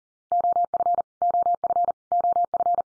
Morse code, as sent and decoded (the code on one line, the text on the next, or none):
--- ..-. / --- ..-. / --- ..-.
OF OF OF